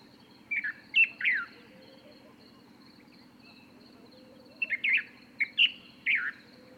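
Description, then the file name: White-spectacled bulbul singing short, liquid warbled phrases, a first phrase, then after a pause of about three seconds a longer group, over a low steady hum. "levantbulbyl"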